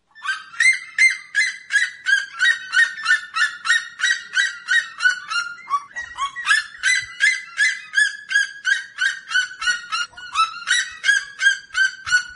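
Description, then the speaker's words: Red-legged Seriema call: loud yelping notes in a rapid, steady series. "E a Seriema Cariema Cristata é quem vai vocalizar agora."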